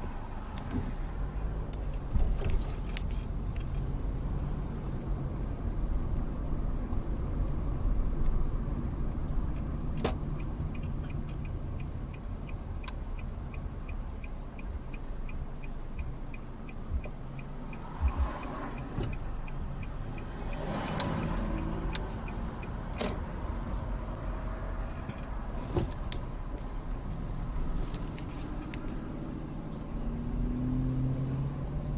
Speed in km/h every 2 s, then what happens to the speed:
0, 16, 21, 23, 19, 11, 5, 0, 0, 0, 0, 8, 3, 3, 5, 8.
0-5 pulls away to 23. 5-13 slows to 0. 13-20 standing. 20-32 steady at about 3.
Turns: none.